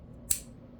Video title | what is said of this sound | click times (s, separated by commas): Case Executive Unboxing! | clicks out really nice | 0.3 s